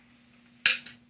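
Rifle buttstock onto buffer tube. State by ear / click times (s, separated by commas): seated / 0.7 s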